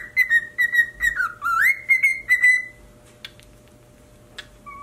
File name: Cockatiel Singing